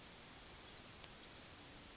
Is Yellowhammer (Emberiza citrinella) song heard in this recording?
yes